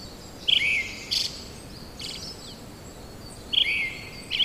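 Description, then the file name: Brown-headed thrush song: two clear whistled phrases, each a loud descending note with a short trailing twitter, about three seconds apart, over constant hiss. "akahara"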